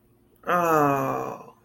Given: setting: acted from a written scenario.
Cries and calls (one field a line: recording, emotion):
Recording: vocal sound without words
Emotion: ecstasy